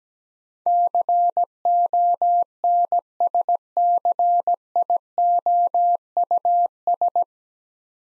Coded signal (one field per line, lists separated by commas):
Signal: Morse code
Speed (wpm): 17 wpm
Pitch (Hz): 700 Hz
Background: none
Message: CONSCIOUS